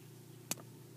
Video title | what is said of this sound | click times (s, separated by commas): Video Review Of The Transformers Prime Cyberverse Legion Class Bumblebee | you can kind of hear a click. | 0.5 s